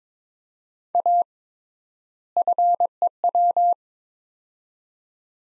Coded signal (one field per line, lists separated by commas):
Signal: Morse code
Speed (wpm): 22 wpm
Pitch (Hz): 700 Hz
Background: none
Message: A FEW